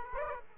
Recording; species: mosquito wingbeat signal from an infrared sensor; Aedes aegypti